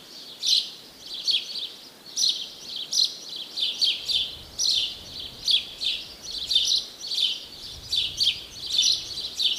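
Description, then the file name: House sparrow giving repeated bright, clipped chirps in quick, uneven succession throughout. "Passer domesticus"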